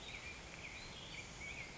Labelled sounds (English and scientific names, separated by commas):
Black-headed Grosbeak (Pheucticus melanocephalus)